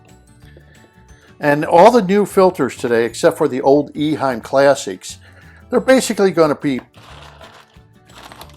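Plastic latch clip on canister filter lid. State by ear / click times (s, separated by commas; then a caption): seated / 8.3 s, 8.4 s. Someone talks, then a plastic latch clip on a canister filter lid, shown while setting up an Eheim Ecco-Pro canister filter, is pressed shut. Two quick, sharp clicks at 8.3 s and 8.4 s mark the clip locking into place, and the lid is seated.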